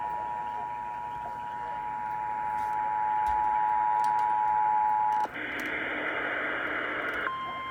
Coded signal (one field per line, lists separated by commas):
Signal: Emergency Alert System (SAME) tones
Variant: 853 and 960 Hz attention tone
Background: speech